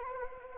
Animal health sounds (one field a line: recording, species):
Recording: mosquito wingbeat signal from an infrared sensor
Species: Anopheles gambiae